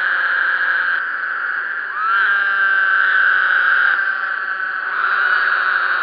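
Woodhouse's toad chorus, a dense wall of buzzy trills with a few calls sliding upward at their start, the drone staying loud and continuous throughout.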